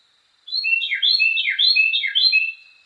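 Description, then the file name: Carolina wren singing a bright, rolling series of repeated three-note phrases, about four repetitions, loud and clear before ending. "suara-kicauan-burung-carolina-wren-variasi-5-omkicau"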